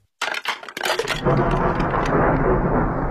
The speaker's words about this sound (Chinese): 一天深夜，刮起了大风，雷声不断。